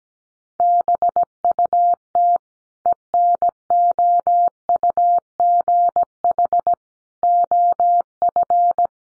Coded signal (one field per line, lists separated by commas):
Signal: Morse code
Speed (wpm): 17 wpm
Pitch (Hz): 700 Hz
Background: none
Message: BUT ENOUGH OF